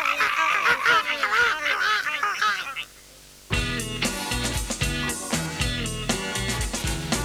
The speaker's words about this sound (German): Möwen schreien. Möwen schreien.